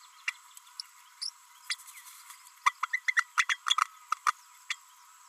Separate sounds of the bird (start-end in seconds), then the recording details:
0.27-0.30, 1.21-1.30, 1.69-1.75, 2.65-2.72, 2.82-2.86, 2.93-3.00, 3.08-3.14, 3.16-3.26, 3.37-3.45, 3.48-3.57, 3.69-3.76, 4.26-4.32, 4.70-4.75. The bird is a female. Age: 32 days. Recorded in a nest box in Venezuela. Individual 17B32A5